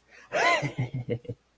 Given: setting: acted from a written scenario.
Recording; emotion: vocal sound without words; ecstasy